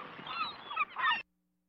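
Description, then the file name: Gull calls, a quick run of hoarse, wavering squawks, cut off abruptly after about a second. "Seagull"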